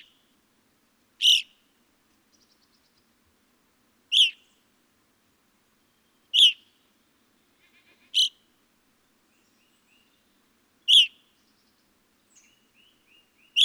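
Evening grosbeak repeating loud, strident single chirps every two to three seconds, with a few faint soft whistles and ticks in between.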